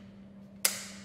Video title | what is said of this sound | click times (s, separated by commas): INTRODUCING THE AMAZON PRODUCTS (Emart Photo Video Studio 10Ft Adjustable Background Stand) | and then you'll hear that click and you know it's good to go and then you can bring it out to the desired length | 0.7 s